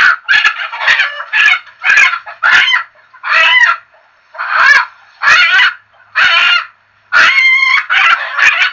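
Chicken giving a run of harsh squawks, one ringing, more tonal squawk standing out toward the end.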